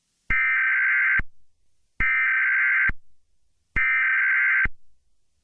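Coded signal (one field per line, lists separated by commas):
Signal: Emergency Alert System (SAME) tones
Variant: header bursts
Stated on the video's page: Fictional EAS scenario made by a fan, not a real alert.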